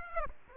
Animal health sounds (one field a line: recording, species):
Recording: mosquito wingbeat signal from an infrared sensor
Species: Aedes aegypti